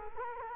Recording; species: mosquito wingbeat signal from an infrared sensor; Culex quinquefasciatus